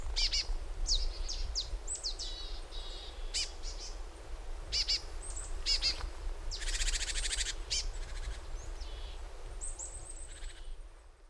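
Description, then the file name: Marsh tit giving repeated high, abrupt notes and brief buzzy rattles, with a longer harsh burst midway and a thin high whistle near the end. "Poecile palustris"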